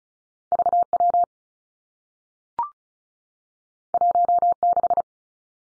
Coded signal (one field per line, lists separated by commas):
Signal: Morse code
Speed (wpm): 36 wpm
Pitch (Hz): 700 Hz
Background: none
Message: V W 1 6